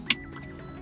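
A small electrical connector plug is pushed back into the gear shift selector housing of a Citroën C4 Picasso and clips into place. It makes one sharp, bright click at 0.1 s over a low, steady background hum, and the plug is confirmed seated and good.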